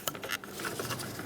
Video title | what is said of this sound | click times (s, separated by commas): How to Replace Park Assist Camera 2010-2017 Chevrolet Equinox | there was a silent click but I heard it | 0.1 s